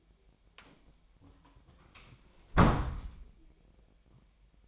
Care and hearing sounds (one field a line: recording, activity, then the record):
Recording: daily activity, microphone in the room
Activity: close door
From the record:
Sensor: 1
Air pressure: 1007.2 hPa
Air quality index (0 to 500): 200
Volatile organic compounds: 20 ppm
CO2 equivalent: 2705 ppm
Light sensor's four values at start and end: 13/34/13/15 and 13/32/13/14